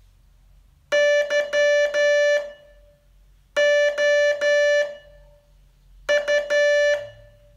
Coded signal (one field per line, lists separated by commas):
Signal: Morse code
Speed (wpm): 12 wpm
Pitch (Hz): 580 Hz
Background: music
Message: YOU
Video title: Learn Morse in 42 Days from VU2LAU - day 35 test